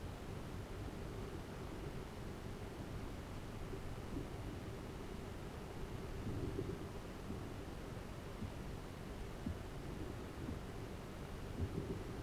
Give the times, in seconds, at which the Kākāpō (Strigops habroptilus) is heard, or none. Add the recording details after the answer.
11.47-11.92. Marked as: faintness 5/5. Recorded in New Zealand. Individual Arab